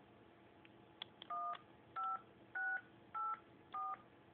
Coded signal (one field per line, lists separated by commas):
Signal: DTMF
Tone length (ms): 220 ms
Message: 15684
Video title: Pod buttons take 2 with tones